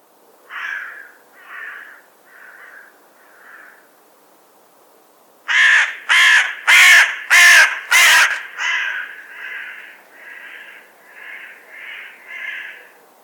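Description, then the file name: Carrion crow cawing: four moderate harsh caws about one second apart, then a loud rapid burst of five raucous caws, followed by a steady run of softer repeated caws. "Corvus corone"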